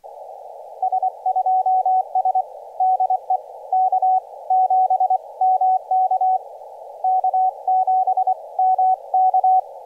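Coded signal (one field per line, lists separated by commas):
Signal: Morse code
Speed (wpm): 25 wpm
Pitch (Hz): 750 Hz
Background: none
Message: S2S DE K7MK K7MK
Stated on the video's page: Morse sent with a TinyPaddle on an Elecraft KH1 during a joint two-summit SOTA activation.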